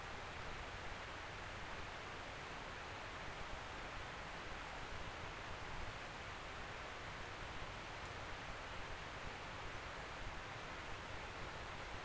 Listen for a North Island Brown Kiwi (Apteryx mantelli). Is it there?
no